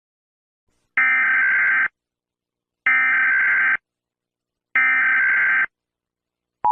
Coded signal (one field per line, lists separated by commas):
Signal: Emergency Alert System (SAME) tones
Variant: header bursts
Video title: EAS I made (not the sound)